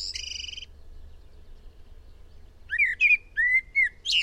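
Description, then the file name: Eurasian blackbird singing: a high squeaky twitter ends one phrase, a quiet pause follows, then a new phrase of rich fluted whistles closing with a shrill flourish. "Turdus merula"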